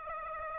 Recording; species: mosquito wingbeat signal from an infrared sensor; Aedes aegypti